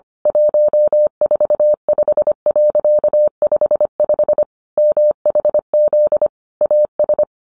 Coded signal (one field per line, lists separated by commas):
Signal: Morse code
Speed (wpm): 25 wpm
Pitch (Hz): 600 Hz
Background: none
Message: 145.55 MHZ AS